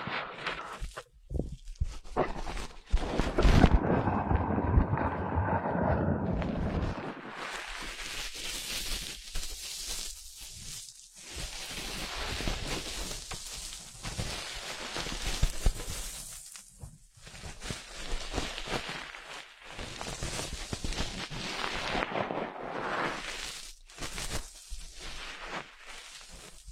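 Ear massage with dense, irregular rubbing and rustling that rises and falls in short strokes, broken by brief pauses. A heavier, muffled pressing sound dominates from about three to seven seconds, then the lighter, brighter friction continues steadily to the end.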